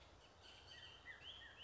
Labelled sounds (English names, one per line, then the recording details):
Bullock's Oriole
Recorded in Sonoma County, California